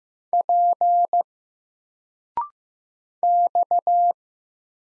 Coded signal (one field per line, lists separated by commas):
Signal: Morse code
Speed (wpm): 15 wpm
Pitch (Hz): 700 Hz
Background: none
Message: P X